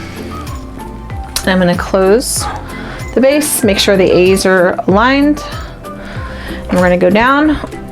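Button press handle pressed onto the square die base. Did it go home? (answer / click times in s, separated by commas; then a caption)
no / none. Someone talks while the base of a WRMK button press is closed with the A's aligned and the press handle is brought down onto the square die. A few light knocks and handling sounds are heard under the voice. Nothing has seated or clicked yet by the end of the clip.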